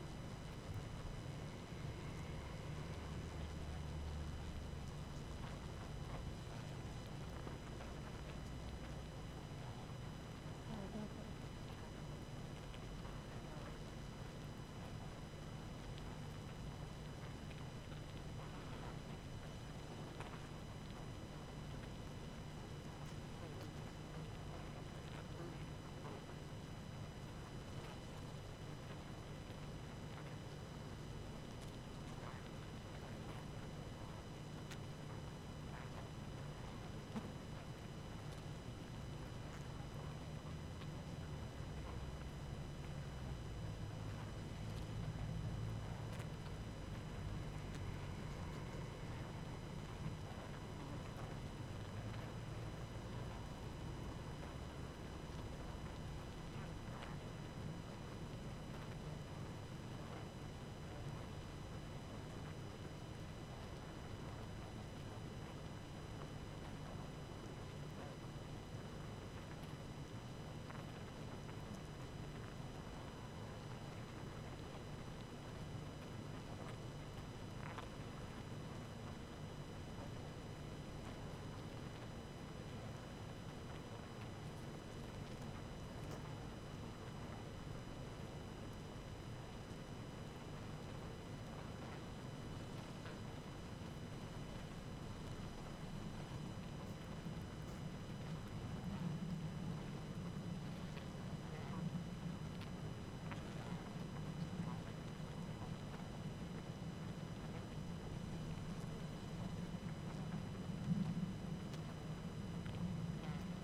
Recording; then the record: honeybee colony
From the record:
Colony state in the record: active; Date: 12 June 2018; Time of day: 19:43